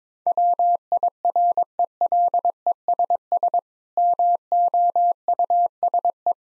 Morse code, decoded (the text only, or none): WIRELESS MOUSE